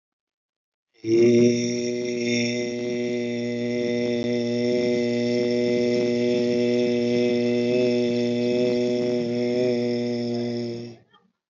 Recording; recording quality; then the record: sustained vowel as in made; excellent, no background noise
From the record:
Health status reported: healthy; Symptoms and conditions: none ticked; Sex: male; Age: 43 years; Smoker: not ticked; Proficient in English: yes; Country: India